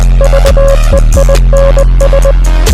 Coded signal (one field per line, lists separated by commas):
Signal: Morse code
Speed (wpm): 20 wpm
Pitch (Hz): 550 Hz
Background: music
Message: VEINS